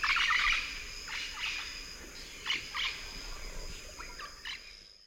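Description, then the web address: Orange-winged amazon calls: a loud burst of raspy squawks at the start, then scattered harsh notes fading out, over a constant high insect drone. Eastern lowlands of South America. "ENTER Music and Audio. Nature Songs S America Eastern Lowlands. Orange-winged Amazon"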